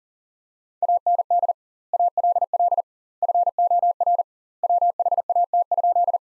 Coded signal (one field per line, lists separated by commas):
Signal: Morse code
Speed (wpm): 40 wpm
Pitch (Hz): 700 Hz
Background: none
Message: AND ALL FOR WHAT?